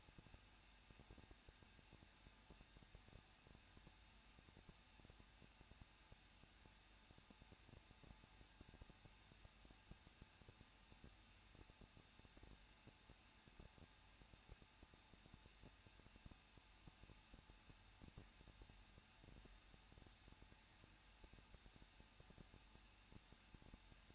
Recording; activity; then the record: daily activity, microphone in the room; no activity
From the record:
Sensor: 2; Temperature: 21.0 degrees Celsius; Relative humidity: 37.5%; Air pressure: 1006.3 hPa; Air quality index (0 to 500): 223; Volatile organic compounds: 25 ppm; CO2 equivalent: 2834 ppm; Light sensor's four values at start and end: 2/3/2/2 and 2/3/2/2